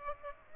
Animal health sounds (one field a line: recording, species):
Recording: mosquito wingbeat signal from an infrared sensor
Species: Aedes aegypti